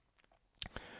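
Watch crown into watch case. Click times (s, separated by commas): 0.6 s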